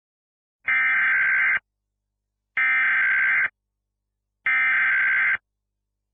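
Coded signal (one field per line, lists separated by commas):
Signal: Emergency Alert System (SAME) tones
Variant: header bursts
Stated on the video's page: Fake mock EAS test created with Sony Vegas 4.0.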